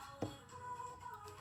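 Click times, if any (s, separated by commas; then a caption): none. A RAM memory module is being handled at a motherboard memory slot, and a brief sharp tap sounds at about 0.2 s over a steady background of tonal hum. The clip ends just before the stick goes home, so nothing has seated or clicked yet.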